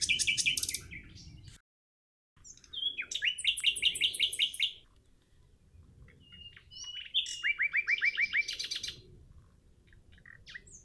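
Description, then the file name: Common nightingale singing fast rattling trills, a brief silence, then varied phrases of quick repeated notes and chirps, with a soft low rumble underneath. "Luscinia megarhynchos"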